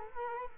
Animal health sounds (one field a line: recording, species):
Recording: mosquito wingbeat signal from an infrared sensor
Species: Culex quinquefasciatus